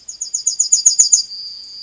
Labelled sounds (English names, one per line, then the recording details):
Yellowhammer song
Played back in forest
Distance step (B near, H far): B
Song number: 156